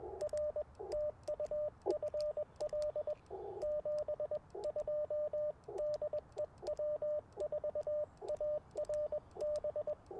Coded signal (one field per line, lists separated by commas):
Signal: Morse code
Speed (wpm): 21 wpm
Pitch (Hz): 600 Hz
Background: radio noise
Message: R TU FL 72 DE W4ARB